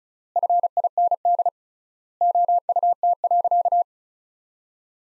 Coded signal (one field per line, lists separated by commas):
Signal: Morse code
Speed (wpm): 36 wpm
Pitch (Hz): 700 Hz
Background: none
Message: FIND OUT.